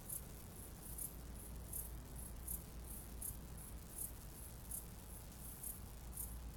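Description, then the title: Cicada producing thin, high-pitched pulses a little under three per second, with a continuous low hum underneath. "jsfanclub_cicade"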